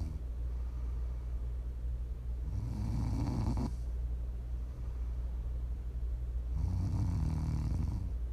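Two low, rumbling snores, each lasting a little over a second and spaced about four seconds apart, over a steady low background hum. This is ordinary sleep snoring from an adult sleeper, offered as ASMR to sleep, relax or wind down to.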